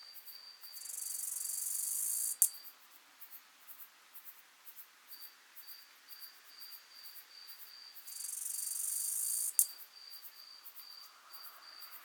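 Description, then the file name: Acrometopa servillea bush-cricket song: two long, harsh high-pitched buzzes, each finished by a crisp tick, with quiet repeated chirps and an intermittent thin whine between them. Subspecies italica, recorded at Alberobello, Puglia, Italy, on 9 July 2000 at 20 °C. "Acrometopa servillea italica 1 Alberobello Puglia IT 20000709 20 °C Odé"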